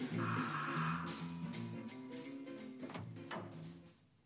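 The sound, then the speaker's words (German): A doorbell on the second floor of a small house in the old town rings with bright, sustained tonal chimes and repeated electronic trills, fairly loud at first and fading toward the end, with no voices. “Ich klingelte im zweiten Stock.”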